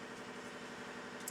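A metal retaining clip is pushed on its top edge to seat it into its groove on a UFO orbital sander attachment during a rebuild, with a steady broadband hum underneath. One small snap is heard at 1.3 seconds, leaving the clip only half on.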